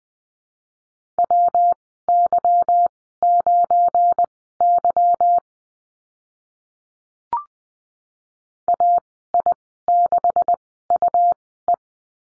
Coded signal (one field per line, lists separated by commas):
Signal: Morse code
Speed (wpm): 19 wpm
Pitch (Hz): 700 Hz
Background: none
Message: WY9Y AI6UE